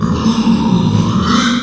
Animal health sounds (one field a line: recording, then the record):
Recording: squeal of a Yucatan mini pig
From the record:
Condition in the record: after surgery on the right vocal fold (resection and tissue-engineered implant)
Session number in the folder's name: 12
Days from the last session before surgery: 105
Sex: female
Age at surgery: 19 weeks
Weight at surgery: 25 kg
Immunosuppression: prednisolone